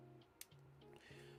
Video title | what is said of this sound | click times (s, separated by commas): Board not working - replacement - Klipper? iFactory One 3D Belt Printer - Part 5 - 3D Print Talk | so you hear the first click don't press this side | 0.4 s